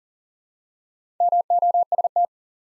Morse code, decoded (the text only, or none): MOST